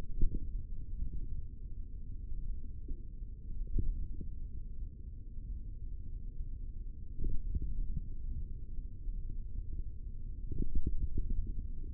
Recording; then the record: forearm muscle sounds (acoustic myography)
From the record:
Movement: finger pinch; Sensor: system 3, bracelet of six PUI Audio POM-2738L microphones around the upper forearm, with dedicated amplification and filtering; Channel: 5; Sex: male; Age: 23 years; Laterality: right